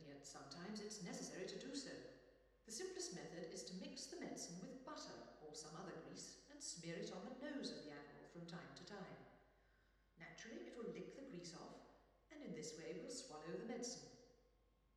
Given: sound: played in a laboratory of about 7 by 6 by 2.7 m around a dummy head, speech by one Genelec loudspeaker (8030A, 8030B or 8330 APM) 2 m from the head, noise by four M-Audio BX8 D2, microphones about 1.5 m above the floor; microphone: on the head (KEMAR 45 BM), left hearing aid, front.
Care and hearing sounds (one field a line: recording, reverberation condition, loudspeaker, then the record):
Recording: female speech in English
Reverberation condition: high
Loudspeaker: 30 degrees to the left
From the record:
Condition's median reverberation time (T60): about 1300 ms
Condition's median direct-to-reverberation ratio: about -4.0 dB